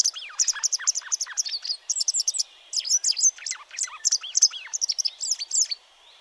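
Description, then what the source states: Pied wagtail twittering: dense, high chirps mixed with down-slurred and looping notes, rhythmic and lively, with little else audible. Twittering song from a perch or in flight; calls while flying over favourite hunting grounds to check whether another pied wagtail is already feeding there; distinctive two-tone 'chiswick' flight call.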